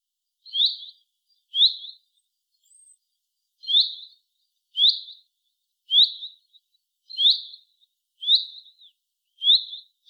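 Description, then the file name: Common chaffinch uttering crisp, high, slightly rising-falling call notes roughly once a second, plus one faint thin higher whistle early on. "Fringilla coelebs"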